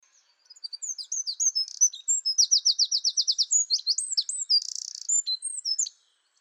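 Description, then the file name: Eurasian wren song: high rapid twittering builds into a fast trill, then sweet looping notes and a short buzzy rattle, ending abruptly. "Troglodytes troglodytes"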